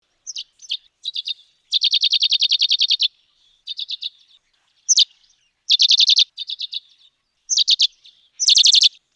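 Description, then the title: Chestnut sparrow giving high, rapid chatter. After a few short chirps, one long trill of many quick notes is followed by more chirps and trill bursts at uneven intervals, with no other sounds. "Aplikasi Suara Burung. Chestnut Sparrow (Passer eminibey)"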